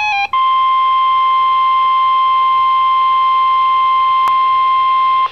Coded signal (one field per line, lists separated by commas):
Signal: Emergency Alert System (SAME) tones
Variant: 1050 Hz attention tone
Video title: Severe Thunderstorm Warning (EAS #935) 7/17/16